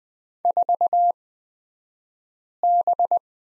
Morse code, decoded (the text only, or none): 4B